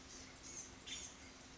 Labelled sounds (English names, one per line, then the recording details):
Nuttall's Woodpecker
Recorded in Sonoma County, California